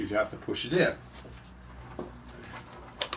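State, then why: Not seated. Someone talks while pushing a plastic drip-watering fitting down onto the top of a plastic bottle, pressing it in by hand because it doesn't click on very well. Soft plastic handling noises are followed by a couple of sharp ticks near the end, around 3.0 and 3.1 seconds. The fitting has not snapped home or seated yet.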